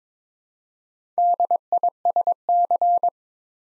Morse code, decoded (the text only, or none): DISC